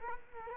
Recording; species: mosquito wingbeat signal from an infrared sensor; Culex quinquefasciatus